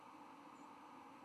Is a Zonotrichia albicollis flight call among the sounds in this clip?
no